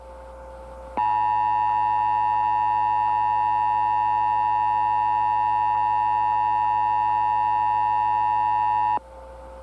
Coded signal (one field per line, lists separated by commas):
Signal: Emergency Alert System (SAME) tones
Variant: 853 and 960 Hz attention tone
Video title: [EAS RECREATIONAL] law enforcement warnings in this economy are like a gem rn